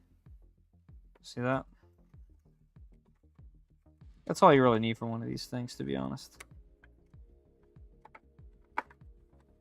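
The plastic cover for the single desiccant pack bay on a filament dryer box is handled and fitted toward the box while someone talks over soft background music. A few faint ticks and one sharper tick near 8.8 s are heard, but nothing has seated or clicked into place yet by the end of the clip.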